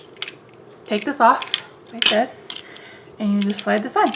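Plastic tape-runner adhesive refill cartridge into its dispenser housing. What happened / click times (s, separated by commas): Handled, not yet home: plastic refill cartridge being slid onto its holder / none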